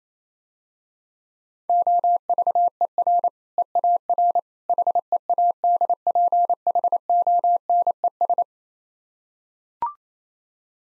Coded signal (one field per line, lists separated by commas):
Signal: Morse code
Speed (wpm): 29 wpm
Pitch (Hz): 700 Hz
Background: none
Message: OVER EAR HEADPHONES